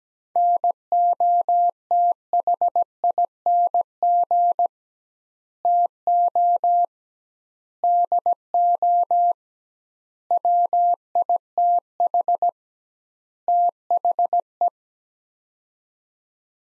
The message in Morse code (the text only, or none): NOTHING TO DO WITH THE